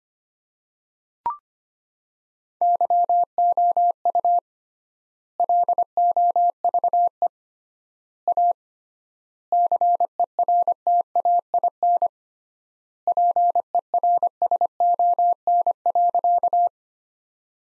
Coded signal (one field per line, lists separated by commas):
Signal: Morse code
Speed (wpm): 25 wpm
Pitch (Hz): 700 Hz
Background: none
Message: YOU LOVE A CERTAIN PERSON.